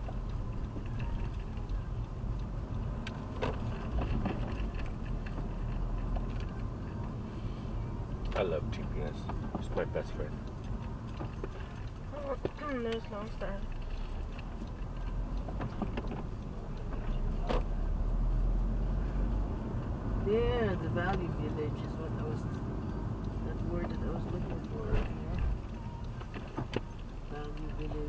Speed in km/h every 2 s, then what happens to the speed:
15, 19, 23, 26, 24, 14, 9, 21, 21, 31, 37, 29, 18, 11.
0-6 speeds up to 26. 6-11 slows to 9. 12-19 speeds up to 37. 21-25 brakes to 11.